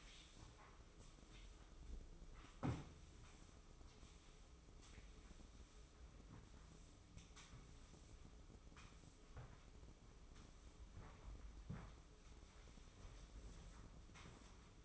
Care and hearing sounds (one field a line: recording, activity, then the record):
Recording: daily activity, microphone in the room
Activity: sweep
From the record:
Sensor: 1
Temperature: 24.1 degrees Celsius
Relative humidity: 31.5%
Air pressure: 995.9 hPa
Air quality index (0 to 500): 67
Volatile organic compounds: 3 ppm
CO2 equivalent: 1360 ppm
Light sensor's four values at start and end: 32/109/42/44 and 28/101/38/39